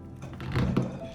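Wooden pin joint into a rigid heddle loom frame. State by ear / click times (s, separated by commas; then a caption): seated / 0.6 s, 0.8 s. Wooden pins on an Ashford rigid heddle loom frame part are pressed by hand into their matching holes, with a low rubbing and thumping of the wood building up. Two sharp snaps at 0.6 s and 0.8 s mark the pins seating, leaving the joint done and secure.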